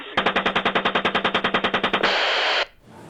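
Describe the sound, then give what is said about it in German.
A rapid burst of machine gun fire from American soldiers shooting at civilians, including journalists: about twenty sharp, evenly spaced shots in quick succession, ending in a loud sustained roar that cuts off abruptly. “Come on, fire! Roger. Keep shooting.”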